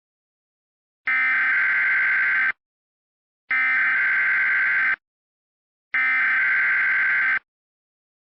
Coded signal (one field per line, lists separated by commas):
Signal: Emergency Alert System (SAME) tones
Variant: header bursts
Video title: Illinois RMT (IPAWSCAP) - EAS Mock